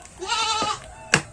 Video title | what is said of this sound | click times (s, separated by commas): Cara Membuat Pakan Komplit Fermentasi Penggemukan Starter | Setelah itu kita tutup sampai ada bunyi kleknya. | 1.1 s